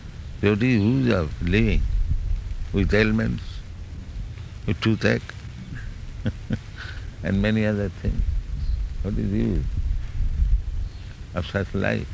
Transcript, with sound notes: What is the use of living with ailments, with toothache [chuckles] and many other things? What is the use of such life?